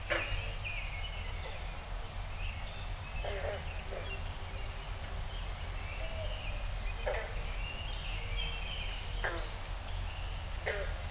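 Backyard at dawn: a steady low rumble and hiss fill the whole stretch without letup. Short bird chirps and calls break through every second or two, bright and clipped, with a few quick rising notes near the start, middle and end.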